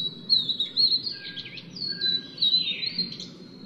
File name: 黃腹琉璃